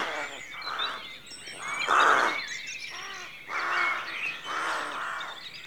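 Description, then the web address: Rooks giving harsh, hoarse caws in bursts, one loud call early and several softer ones after, with thin chirps of other birds behind. Rookery at dawn; rural outdoor atmosphere. "The BBC Sound Effects Library. Rookery Dawn"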